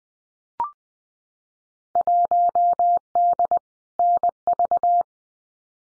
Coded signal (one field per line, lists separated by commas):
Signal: Morse code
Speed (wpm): 20 wpm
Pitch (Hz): 700 Hz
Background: none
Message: 1D NV